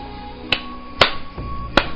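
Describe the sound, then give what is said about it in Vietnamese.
Three crisp, sharp hand claps by an approaching young man ring out at slightly uneven intervals over a low, steady background hum, with no voices. “Tiếng vỗ tay giòn giã vang lên, một thanh niên đi tới, dưới ánh sao, Chu Tư nhìn thấy rất rõ ràng, người đến là anh cả Chu Minh Dương của hắn, không khỏi cười hô một tiếng.”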